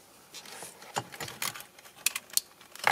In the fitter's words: Jusqu'au clic, hein. Je sais pas si t'as entendu, mais je l'ai entendu.